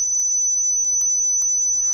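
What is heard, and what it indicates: A steady, piercing high-pitched whistle: a simulation of tinnitus played from a hearing app, reproducing the tone the patient hears, at a loudness of about level 8-9 that he experiences regularly. The tone is continuous, day and night.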